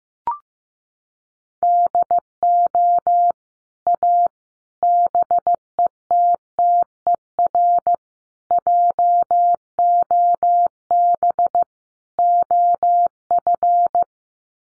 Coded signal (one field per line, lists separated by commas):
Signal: Morse code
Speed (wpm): 15 wpm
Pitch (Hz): 700 Hz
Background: none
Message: DO A BETTER JOB OF